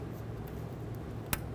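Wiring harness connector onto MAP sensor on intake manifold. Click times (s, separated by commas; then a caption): 1.3 s. A wiring harness electrical connector is pushed onto the MAP sensor on the intake manifold of a 2011–2023 Dodge Charger with the 3.6L V6. Over a steady low hum, a single short, sharp click sounds at 1.3 s as the connector snaps into place, fully seated.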